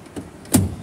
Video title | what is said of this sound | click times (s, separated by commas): Part 1 cara betul kan stereng kereta senget sampai siap | Okey sampai bunyi tak. | 0.5 s